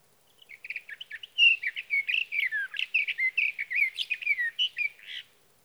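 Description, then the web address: Sage thrasher singing a long, fast warbling run of mixed whistled and buzzy phrases lasting about five seconds without a break. "birdsongforthecurious Sage Thrasher"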